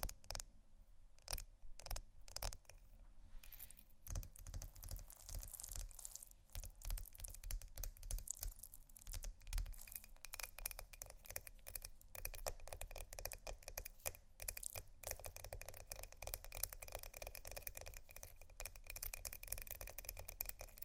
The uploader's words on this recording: Ice Scratch & Tap. No Talking.